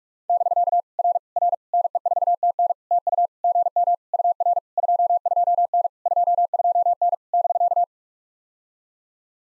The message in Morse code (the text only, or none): <BK> R R NE4TN TU GM UR 22N 22N <BK>